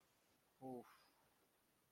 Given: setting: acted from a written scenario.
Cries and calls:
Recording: vocal sound without words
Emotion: disappointment

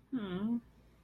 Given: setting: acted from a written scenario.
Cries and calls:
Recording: vocal sound without words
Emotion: disappointment

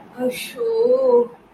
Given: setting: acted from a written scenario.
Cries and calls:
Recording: vocal sound without words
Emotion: guilt

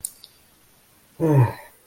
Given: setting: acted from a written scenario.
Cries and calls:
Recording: vocal sound without words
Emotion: shame

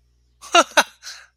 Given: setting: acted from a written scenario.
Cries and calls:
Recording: vocal sound without words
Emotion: amusement

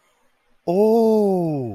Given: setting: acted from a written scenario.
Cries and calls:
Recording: vocal sound without words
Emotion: awe

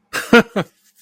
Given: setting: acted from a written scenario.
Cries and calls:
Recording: vocal sound without words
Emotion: amusement

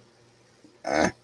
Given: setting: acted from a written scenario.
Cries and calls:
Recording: vocal sound without words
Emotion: contempt

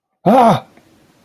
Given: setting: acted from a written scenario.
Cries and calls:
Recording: vocal sound without words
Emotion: fear

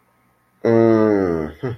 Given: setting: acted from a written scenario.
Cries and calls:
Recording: vocal sound without words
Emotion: amusement

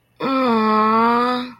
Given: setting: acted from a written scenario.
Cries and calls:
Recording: vocal sound without words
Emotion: sympathy

